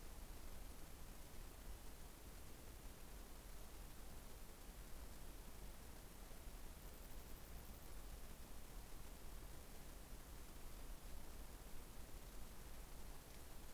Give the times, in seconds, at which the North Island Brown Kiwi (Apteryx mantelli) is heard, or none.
none